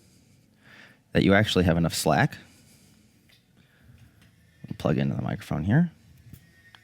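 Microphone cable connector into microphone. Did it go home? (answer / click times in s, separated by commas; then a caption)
yes / 6.8 s. Someone talks while a microphone cable's connector is plugged into a microphone. At 6.8 s a single sharp, short click is heard as it seats snugly.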